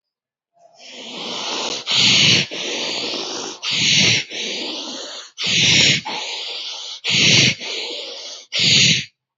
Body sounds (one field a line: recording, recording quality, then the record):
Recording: shallow breathing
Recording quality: excellent, no background noise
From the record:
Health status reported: healthy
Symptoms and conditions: cold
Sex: male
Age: 18 years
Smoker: not ticked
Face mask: not worn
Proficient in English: yes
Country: India